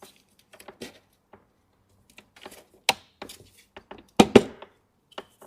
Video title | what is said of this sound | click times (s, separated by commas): BMW 3 Series Coolant leak, intake manifold and swirl flap replacement | was that little click you heard was the little clips that hold theu in place so green to green | 2.9 s, 4.2 s